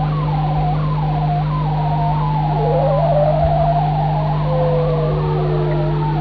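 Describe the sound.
Whale calls, a series of overlapping whistled upsweeps and wavering tones, some rising and some falling, over a constant low hum.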